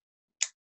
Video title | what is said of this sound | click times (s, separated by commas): Dynon Displays, Modules, Bits and Pieces: What's in the box? | the service or install quite simply locks into place and locks | 0.4 s